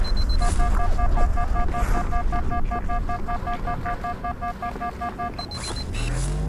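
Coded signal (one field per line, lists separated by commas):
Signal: none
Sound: game sound effect beeps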